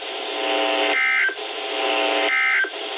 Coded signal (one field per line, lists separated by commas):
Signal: Emergency Alert System (SAME) tones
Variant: end-of-message bursts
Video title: (ARCHIVED) EAS 97